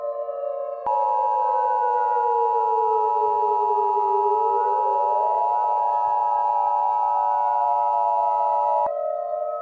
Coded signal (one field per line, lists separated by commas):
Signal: Emergency Alert System (SAME) tones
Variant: 853 and 960 Hz attention tone